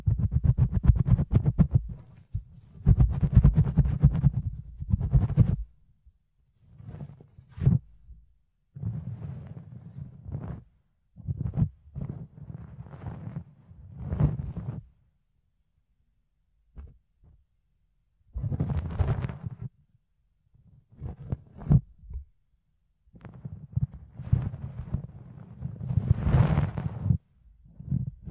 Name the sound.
Fluffy Ear Cleaning, Ear Picking